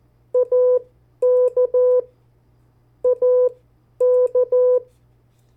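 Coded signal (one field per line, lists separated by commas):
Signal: Morse code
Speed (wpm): 14 wpm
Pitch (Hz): 500 Hz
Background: none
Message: AK AK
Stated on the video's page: CW practice of the 50 state abbreviations sent at variable speeds.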